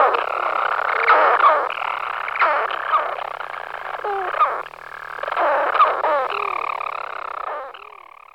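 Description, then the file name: European storm petrel purring song: continuous rough churring with short hiccuping breaks, ending in a smoother, higher purr. "buřňáček malý"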